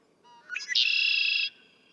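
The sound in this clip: Red-winged blackbird song: a few soft introductory notes, then a loud, buzzy, rattling trill held for about three-quarters of a second before stopping abruptly.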